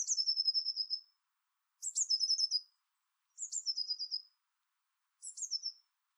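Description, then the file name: Eurasian blue tit singing four high phrases in quick succession, each a sharp introductory note dropping into a fast, even trill that shortens toward the end. "Cyanistes caeruleus"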